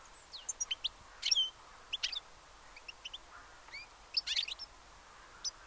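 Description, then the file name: European goldfinch calls, scattered tinkling chirps and short upslurred notes in small bursts, over a soft background hiss. "Carduelis carduelis"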